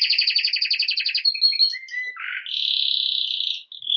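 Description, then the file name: Canary song opening with a rapid pulsed trill, then short whistles, a low buzzy burst and a long even rolling trill. "Canary Voice"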